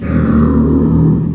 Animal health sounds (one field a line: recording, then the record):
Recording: squeal of a Yucatan mini pig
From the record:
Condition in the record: after surgery on the right vocal fold (resection and tissue-engineered implant)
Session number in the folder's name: 11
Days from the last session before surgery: 98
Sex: female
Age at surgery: 19 weeks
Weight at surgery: 25 kg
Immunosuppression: prednisolone